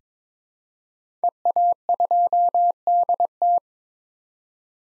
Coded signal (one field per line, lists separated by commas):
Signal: Morse code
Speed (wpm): 22 wpm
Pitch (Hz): 700 Hz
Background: none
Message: EA2DT